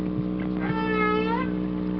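Whale call: a tonal, harmonic moan that holds steady, then rises toward its end, over a steady low mechanical hum.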